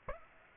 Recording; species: mosquito wingbeat signal from an infrared sensor; Aedes aegypti